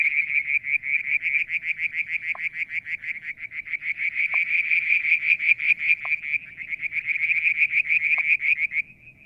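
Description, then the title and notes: Frogs producing a continuous, fast pulsed high trill almost throughout, with short lower popping notes every second or two. Striped marsh frog, Verreaux's tree frog and an unidentified frog calling one July 2022 evening near a water tank at Mount Wilson, New South Wales, Australia. "Frog song, Mount Wilson, New South Wales, Australia in July 2022 – by Alexander Moffatt. Limnodynastes Peronii, Litoria Verreauxii and a mystery frog one evening near the water tank"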